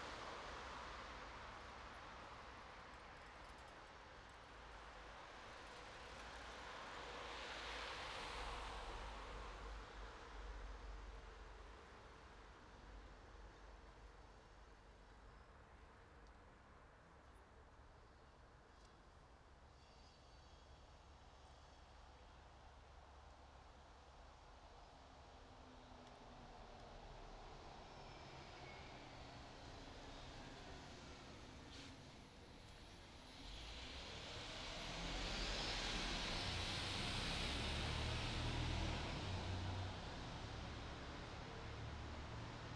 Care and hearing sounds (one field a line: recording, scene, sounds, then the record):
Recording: everyday scene through a hearing-aid microphone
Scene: in traffic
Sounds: traffic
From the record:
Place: bus stop on a city main road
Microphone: in the ear canal, right